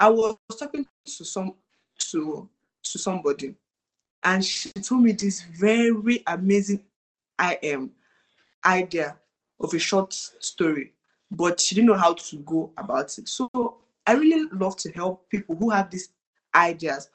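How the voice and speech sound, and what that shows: A young woman, a third-year university student of medical laboratory sciences, speaks conversationally at a moderate pitch, mostly fluently but with a repeated start ('to s-… to… to somebody'), silent blocks before 'idea', and occasional stretched sounds with long pauses. These breaks in flow are stuttering.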